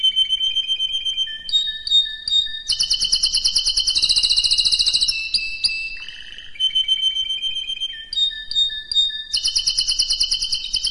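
Canary singing alternating clear whistled notes and loud fast rolling trills, with short pauses between phrases.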